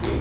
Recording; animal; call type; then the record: contact call of a hoofed animal; pig; closed-mouth grunt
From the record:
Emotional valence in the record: positive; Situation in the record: food and toys in familiar pen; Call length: 0.21 s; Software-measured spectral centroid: 1930 Hz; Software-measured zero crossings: 1080 a second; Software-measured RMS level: -25 dBFS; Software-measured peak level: -15 dBFS